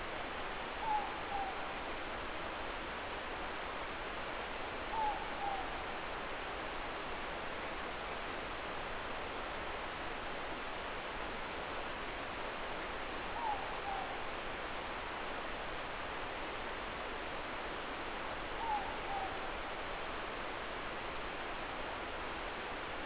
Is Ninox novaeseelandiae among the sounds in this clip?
yes